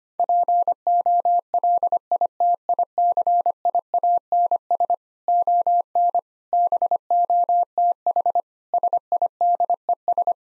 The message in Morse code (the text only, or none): POLITICIANS ON BOTH SIDES